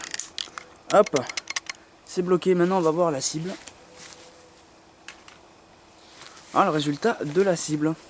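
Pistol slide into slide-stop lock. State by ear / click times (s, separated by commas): seated / 0.1 s, 0.4 s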